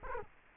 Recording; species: mosquito wingbeat signal from an infrared sensor; Culex quinquefasciatus